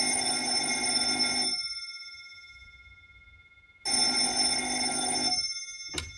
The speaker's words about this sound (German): Noch am gleichen Vormittag klingelte bei Lorenz Mettler das Telefon.